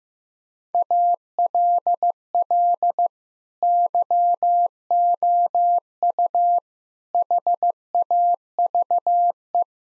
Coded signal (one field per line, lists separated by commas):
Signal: Morse code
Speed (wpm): 16 wpm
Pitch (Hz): 700 Hz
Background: none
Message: ALL YOU HAVE